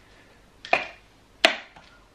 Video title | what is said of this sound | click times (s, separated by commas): ICKLE BUBBA STOMP V3 FIRST IMPRESSIONS OVERVIEW - _MrsTino | and again push down until they click | 0.6 s, 0.7 s, 1.5 s